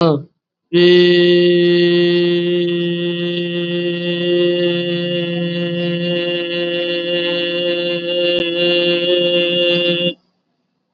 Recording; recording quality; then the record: sustained vowel as in beet; excellent, no background noise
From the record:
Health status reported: COVID-19 positive, mild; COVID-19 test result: positive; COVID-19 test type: RT-PCR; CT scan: not taken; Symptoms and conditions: cough, cold, fever, fatigue, muscle pain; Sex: male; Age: 48 years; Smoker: no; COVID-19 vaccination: both doses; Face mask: worn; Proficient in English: yes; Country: India